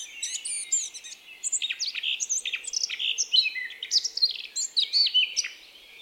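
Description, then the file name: Eurasian blackcap delivering a dense, scratchy warble of sharp high notes and short whistled slides, sustained throughout. "Sylvia atricapilla"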